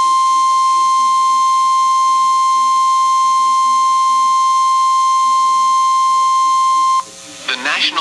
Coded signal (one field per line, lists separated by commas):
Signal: Emergency Alert System (SAME) tones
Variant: 1050 Hz attention tone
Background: speech